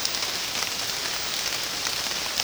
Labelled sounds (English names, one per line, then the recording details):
none
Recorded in secondary vegetation near Puerto Asís, Putumayo, Colombia, on 27 June 2025 at 06:00
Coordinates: 0.484, -76.319
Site G074